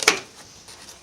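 The live battery pack connector on a Vectrix electric scooter, which has its original metal hydride battery, is unclipped. A quick double click comes at 0.0 and 0.1 seconds, then only faint background sound. The connector is released.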